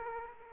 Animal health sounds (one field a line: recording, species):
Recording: mosquito wingbeat signal from an infrared sensor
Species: Culex quinquefasciatus